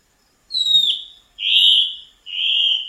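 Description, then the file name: Black-spotted bare-eye singing three clear whistled notes, the opening one sliding down, followed by two level burry whistles. "canto do mae de taoca"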